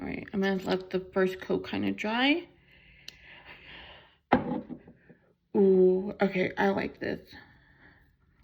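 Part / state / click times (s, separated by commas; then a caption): screw cap on a mascara tube / seated / 4.3 s. Someone talks, then twists the plastic screw cap onto a mascara tube after the first coat. The cap gives a sharp click at 4.3 s, showing it is properly closed, and the talking resumes.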